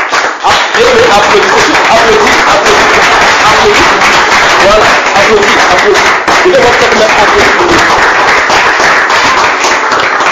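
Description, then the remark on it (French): A crowd applauds loudly and steadily for about ten seconds for the brothers present, a dense wash of many hands clapping with voices mixed in underneath. “Applaudissez bien fort pour ses frères.”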